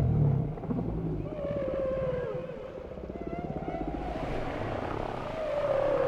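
Whale song: pulsed low buzzing moans with sustained mid-pitched tonal notes.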